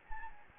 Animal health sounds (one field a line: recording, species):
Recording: mosquito wingbeat signal from an infrared sensor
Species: Anopheles gambiae